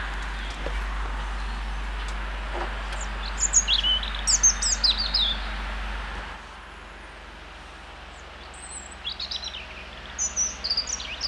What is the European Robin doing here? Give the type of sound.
song